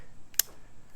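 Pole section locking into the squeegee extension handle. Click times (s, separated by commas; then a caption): 0.4 s. A plastic section of a telescopic extension pole handle for a 2-in-1 window squeegee is pushed into the next section. A sharp, bright click sounds at 0.4 s, with a faint tick just before it, as the locking mechanism engages. The pole section locks into place.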